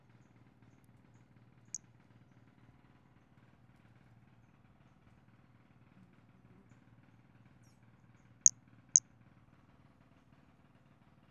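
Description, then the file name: Pumpkin toadlet calls: three short, very high-pitched clicking chirps, one early and a close pair near the end, over a quiet low hum. Recorded on 5 February 2016. "Brachycephalus albolineatus 160205"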